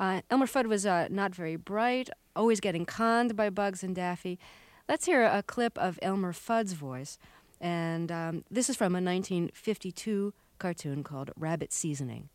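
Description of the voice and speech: Clear, fluent adult speech from a radio host, at a relaxed pace with natural pauses and ordinary voice quality: typical speech.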